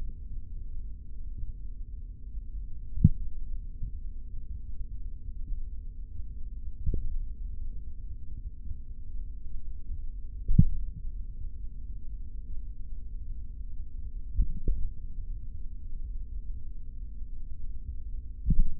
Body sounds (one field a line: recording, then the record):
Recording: forearm muscle sounds (acoustic myography)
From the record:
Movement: hand opening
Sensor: system 3, bracelet of six PUI Audio POM-2738L microphones around the upper forearm, with dedicated amplification and filtering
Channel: 3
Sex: male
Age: 26 years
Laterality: right